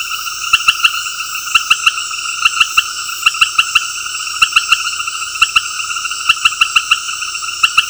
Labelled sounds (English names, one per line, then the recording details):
none
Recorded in secondary vegetation near Puerto Asís, Putumayo, Colombia, on 19 February 2024 at 19:30
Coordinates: 0.481, -76.323
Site G6376